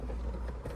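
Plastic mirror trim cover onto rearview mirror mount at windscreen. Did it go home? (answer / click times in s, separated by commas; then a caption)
no / none. The plastic rearview mirror trim cover is being handled onto the mirror mount at the windscreen of a 2015 to 2021 Honda Jazz or HR-V: the lower section goes on first, then the top cover piece is pressed toward the headliner mount. Only a steady low hum with faint handling noise is heard through the 0.8 seconds. Nothing has seated or clicked yet.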